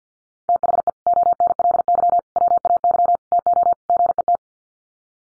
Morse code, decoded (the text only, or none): THE ONLY WAY TO GET